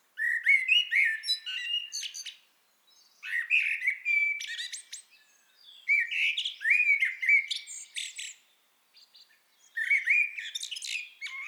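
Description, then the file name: Eurasian blackbird song in four separate phrases, each opening with warbled whistles and closing in thin, high twittering, with short silences between. "Turdus merula"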